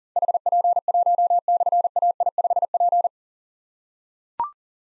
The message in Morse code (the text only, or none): HP1/AI5P